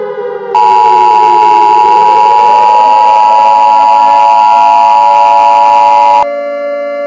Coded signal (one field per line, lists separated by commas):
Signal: Emergency Alert System (SAME) tones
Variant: 853 and 960 Hz attention tone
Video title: EAS Scenario 13: The Night Of The Yanderes 2: The Return of the Yanderes